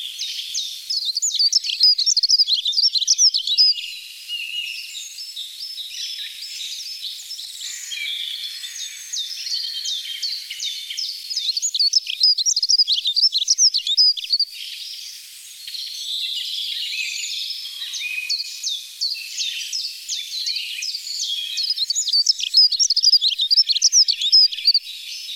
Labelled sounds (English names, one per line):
Dunnock song